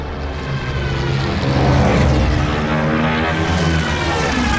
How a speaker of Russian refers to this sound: В небе появились самолеты.